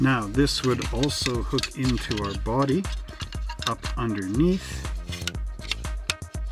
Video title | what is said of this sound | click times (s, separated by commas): Unboxing The 1997 Dodge Viper GTS Snap Fast Plus Model Kit by AMT/ERTL | just like that you can see little pins locked into place back there | 6.1 s